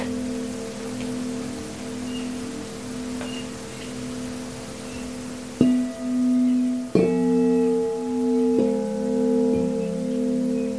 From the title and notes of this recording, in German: Klängen der Kristallklangschalen.